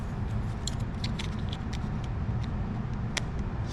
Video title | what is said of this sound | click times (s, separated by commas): 2009 Nissan 370Z Key Fob Battery Replacement #370z #nissan #keyfob | squeeze it till you hear it Click Click put your key in | 3.2 s